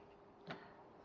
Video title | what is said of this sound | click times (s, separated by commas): come out with me in the Citroen Ami8 to get those new tyres fitted | you just click it the other way it works i mean | 0.5 s